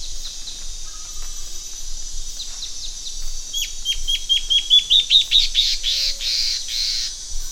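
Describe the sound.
Bird song: a quick series of thin downslurred notes that speeds up and climbs slightly in pitch, ending in a blurred flourish, over steady high hiss.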